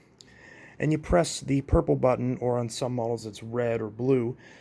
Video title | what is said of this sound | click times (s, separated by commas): Dyson Ball Animal 2 (UP20) In-Depth Vacuum Review | You can pull it until it clicks in, | 0.2 s